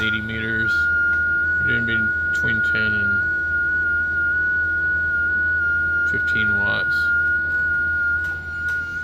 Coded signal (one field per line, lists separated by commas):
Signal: FT8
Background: speech